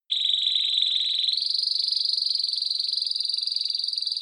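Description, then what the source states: Canary song, one fast buzzy trill held steady at a high pitch, then stepping up slightly higher and continuing as an even, rapidly pulsing roll. Champion singing canary.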